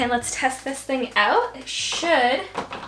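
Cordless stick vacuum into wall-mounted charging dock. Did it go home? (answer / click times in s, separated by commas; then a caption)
no / none. A cordless stick vacuum is handled near its newly installed wall-mounted charging dock while someone talks, with faint handling noise in the background. Nothing has seated or clicked yet; the vacuum is not yet in the dock when the clip ends.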